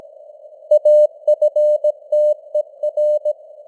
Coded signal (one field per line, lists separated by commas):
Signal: Morse code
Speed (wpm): 17 wpm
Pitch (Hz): 600 Hz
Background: none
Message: AFTER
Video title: Morse Code News | 2025-10-19 | 17wpm